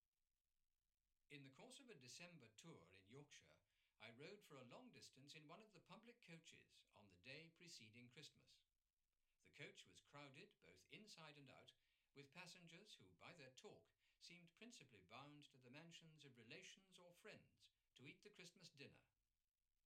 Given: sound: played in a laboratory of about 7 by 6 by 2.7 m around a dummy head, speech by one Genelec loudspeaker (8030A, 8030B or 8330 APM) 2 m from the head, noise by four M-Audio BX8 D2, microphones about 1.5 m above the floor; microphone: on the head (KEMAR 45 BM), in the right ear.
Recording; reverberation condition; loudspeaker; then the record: male speech in English; low; 30 degrees to the right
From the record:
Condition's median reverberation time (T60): about 310 ms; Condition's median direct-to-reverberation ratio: about 3.5 dB